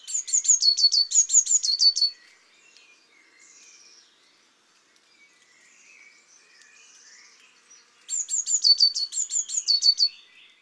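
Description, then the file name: Great tit song: two bouts of high, bright phrases repeated rapidly, high then lower, separated by about six seconds of quiet with faint bird calls. "Parus major"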